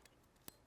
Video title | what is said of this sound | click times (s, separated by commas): Canon Rebel T5 18MP DSLR w/ 18-55mm & 75-300 USM Lenses & Accs. with Pat James-Dementri | snaps into place. And done. | 0.5 s